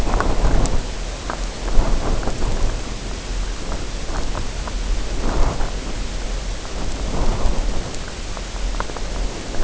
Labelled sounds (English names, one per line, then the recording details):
none
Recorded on Arctic tundra, site UTQI-0, on 14 June 2019
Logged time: 16:00